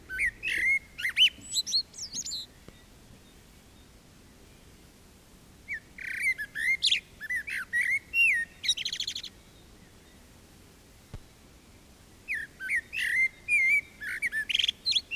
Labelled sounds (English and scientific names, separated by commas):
Common Blackbird (Turdus merula) song